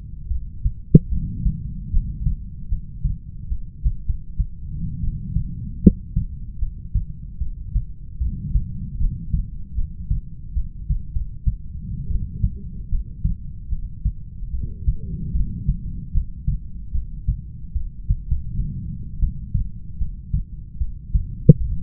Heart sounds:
heart sounds by stethoscope; 76 bpm
0.28 s: heartbeat
1.10 s: heartbeat
1.92 s: heartbeat
2.70 s: heartbeat
3.49 s: heartbeat
4.06 s: heartbeat
5.02 s: heartbeat
5.82 s: heartbeat
6.60 s: heartbeat
7.39 s: heartbeat
8.19 s: heartbeat
8.99 s: heartbeat
9.76 s: heartbeat
10.55 s: heartbeat
11.12 s: heartbeat
12.08 s: heartbeat
12.90 s: heartbeat
13.70 s: heartbeat
14.51 s: heartbeat
15.33 s: heartbeat
16.13 s: heartbeat
16.93 s: heartbeat
17.73 s: heartbeat
18.26 s: heartbeat
19.21 s: heartbeat
19.99 s: heartbeat
20.79 s: heartbeat
21.59 s: heartbeat
From the record:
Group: heart failure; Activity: rest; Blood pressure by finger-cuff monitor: 73/49 mmHg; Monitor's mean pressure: 58 mmHg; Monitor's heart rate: 75 bpm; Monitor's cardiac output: 6.9 L/min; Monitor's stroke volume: 89 mL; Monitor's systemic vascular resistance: 590 dyn s/cm5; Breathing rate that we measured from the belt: 17 breaths a minute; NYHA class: 1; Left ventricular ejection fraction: 39%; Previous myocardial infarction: absent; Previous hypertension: present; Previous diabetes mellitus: absent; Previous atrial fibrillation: absent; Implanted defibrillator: absent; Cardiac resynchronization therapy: absent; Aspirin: absent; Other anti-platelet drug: absent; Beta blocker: carvedilol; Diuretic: furosemide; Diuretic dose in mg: 20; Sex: male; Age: 60 years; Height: 178 cm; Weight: 62 kg

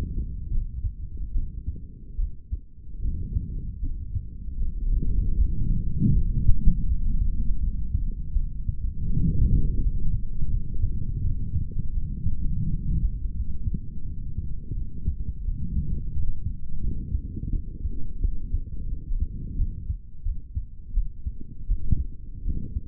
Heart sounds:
heart sounds by stethoscope; 82 bpm
0.48 s: heartbeat
1.32 s: heartbeat
2.16 s: heartbeat
2.99 s: heartbeat
3.80 s: heartbeat
4.57 s: heartbeat
5.35 s: heartbeat
6.13 s: heartbeat
6.87 s: heartbeat
7.60 s: heartbeat
8.33 s: heartbeat
9.06 s: heartbeat
9.79 s: heartbeat
10.49 s: heartbeat
11.21 s: heartbeat
11.92 s: heartbeat
12.63 s: heartbeat
13.34 s: heartbeat
14.04 s: heartbeat
14.73 s: heartbeat
15.43 s: heartbeat
16.13 s: heartbeat
16.81 s: heartbeat
17.51 s: heartbeat
18.20 s: heartbeat
18.88 s: heartbeat
19.56 s: heartbeat
20.23 s: heartbeat
20.93 s: heartbeat
21.66 s: heartbeat
22.43 s: heartbeat
From the record:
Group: healthy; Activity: rest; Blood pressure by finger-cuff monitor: 115/89 mmHg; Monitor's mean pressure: 99 mmHg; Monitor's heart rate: 82 bpm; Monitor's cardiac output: 3.3 L/min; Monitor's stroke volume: 44 mL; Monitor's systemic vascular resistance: 2180 dyn s/cm5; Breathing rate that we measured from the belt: 19 breaths a minute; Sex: male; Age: 55 years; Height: 167 cm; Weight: 57.2 kg

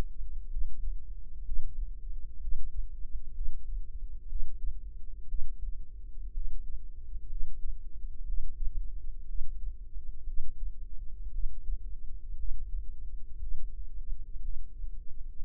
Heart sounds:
heart sounds by microphone in the right ear; 60 bpm
0.48 s: heartbeat
1.44 s: heartbeat
2.39 s: heartbeat
3.33 s: heartbeat
4.27 s: heartbeat
5.26 s: heartbeat
6.32 s: heartbeat
7.27 s: heartbeat
8.24 s: heartbeat
9.26 s: heartbeat
10.25 s: heartbeat
11.31 s: heartbeat
12.36 s: heartbeat
13.39 s: heartbeat
14.41 s: heartbeat
15.37 s: heartbeat
From the record:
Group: healthy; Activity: breath hold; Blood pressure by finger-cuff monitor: 88/56 mmHg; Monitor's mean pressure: 68 mmHg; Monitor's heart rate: 60 bpm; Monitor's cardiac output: 5.5 L/min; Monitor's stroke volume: 92 mL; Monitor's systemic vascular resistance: 860 dyn s/cm5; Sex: female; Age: 22 years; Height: 157 cm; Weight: 47.6 kg

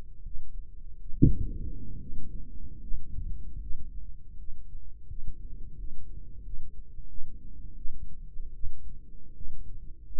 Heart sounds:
heart sounds by microphone in the right ear; 79 bpm
0.21 s: heartbeat
1.09 s: heartbeat
1.98 s: heartbeat
2.80 s: heartbeat
3.59 s: heartbeat
4.36 s: heartbeat
5.07 s: heartbeat
5.75 s: heartbeat
6.41 s: heartbeat
7.06 s: heartbeat
7.74 s: heartbeat
8.52 s: heartbeat
9.33 s: heartbeat
10.04 s: heartbeat
From the record:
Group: healthy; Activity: breath hold 0-2 s, rest 2-10 s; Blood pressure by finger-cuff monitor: 95/62 mmHg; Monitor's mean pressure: 74 mmHg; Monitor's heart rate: 76 bpm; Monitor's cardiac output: 5.9 L/min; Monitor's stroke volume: 80 mL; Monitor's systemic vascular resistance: 840 dyn s/cm5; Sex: female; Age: 22 years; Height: 163 cm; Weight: 67.1 kg

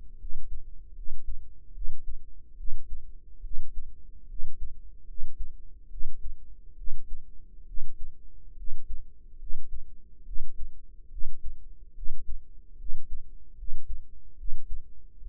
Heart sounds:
heart sounds by microphone in the right ear; 72 bpm
0.17 s: heartbeat
0.93 s: heartbeat
1.72 s: heartbeat
2.55 s: heartbeat
3.41 s: heartbeat
4.26 s: heartbeat
5.05 s: heartbeat
5.88 s: heartbeat
6.75 s: heartbeat
7.64 s: heartbeat
8.54 s: heartbeat
9.37 s: heartbeat
10.23 s: heartbeat
11.08 s: heartbeat
11.93 s: heartbeat
12.76 s: heartbeat
13.55 s: heartbeat
14.35 s: heartbeat
15.18 s: heartbeat
From the record:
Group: healthy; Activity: rest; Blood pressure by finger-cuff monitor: 113/75 mmHg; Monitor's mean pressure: 86 mmHg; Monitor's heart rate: 70 bpm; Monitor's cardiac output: 5.5 L/min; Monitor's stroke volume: 77 mL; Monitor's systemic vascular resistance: 1160 dyn s/cm5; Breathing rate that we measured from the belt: 14 breaths a minute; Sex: female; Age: 22 years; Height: 160 cm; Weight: 45 kg

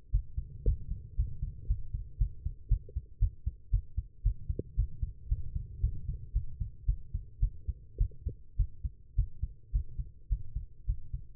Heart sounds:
heart sounds by stethoscope; 112 bpm
0.11 s: heartbeat
0.65 s: heartbeat
1.16 s: heartbeat
1.68 s: heartbeat
2.18 s: heartbeat
2.69 s: heartbeat
3.19 s: heartbeat
3.71 s: heartbeat
4.23 s: heartbeat
4.76 s: heartbeat
5.29 s: heartbeat
5.81 s: heartbeat
6.33 s: heartbeat
6.86 s: heartbeat
7.40 s: heartbeat
7.98 s: heartbeat
8.57 s: heartbeat
9.16 s: heartbeat
9.72 s: heartbeat
10.29 s: heartbeat
10.86 s: heartbeat
From the record:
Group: healthy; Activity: rest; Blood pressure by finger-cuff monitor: 126/81 mmHg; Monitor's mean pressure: 94 mmHg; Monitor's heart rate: 113 bpm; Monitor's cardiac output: 8.6 L/min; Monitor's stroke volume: 75 mL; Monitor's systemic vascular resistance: 810 dyn s/cm5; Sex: female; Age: 19 years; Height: 163 cm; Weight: 51 kg

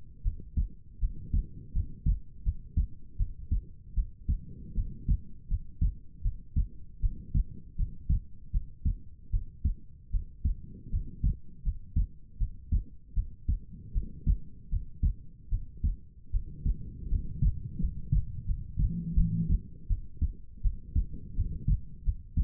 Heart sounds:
heart sounds by stethoscope; 80 bpm
0.22 s: heartbeat
0.99 s: heartbeat
1.72 s: heartbeat
2.43 s: heartbeat
3.17 s: heartbeat
3.94 s: heartbeat
4.74 s: heartbeat
5.47 s: heartbeat
6.22 s: heartbeat
7.00 s: heartbeat
7.76 s: heartbeat
8.51 s: heartbeat
9.30 s: heartbeat
10.10 s: heartbeat
10.90 s: heartbeat
11.62 s: heartbeat
12.37 s: heartbeat
13.14 s: heartbeat
13.92 s: heartbeat
14.69 s: heartbeat
15.49 s: heartbeat
16.31 s: heartbeat
17.08 s: heartbeat
17.78 s: heartbeat
18.45 s: heartbeat
19.15 s: heartbeat
19.87 s: heartbeat
20.61 s: heartbeat
21.34 s: heartbeat
22.03 s: heartbeat
From the record:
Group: healthy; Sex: female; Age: 19 years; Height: 163 cm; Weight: 48.9 kg

